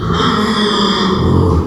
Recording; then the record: squeal of a Yucatan mini pig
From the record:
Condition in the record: after surgery on the right vocal fold (resection and tissue-engineered implant); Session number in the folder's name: 15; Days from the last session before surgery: 175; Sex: female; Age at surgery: 19 weeks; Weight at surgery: 25 kg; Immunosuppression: prednisolone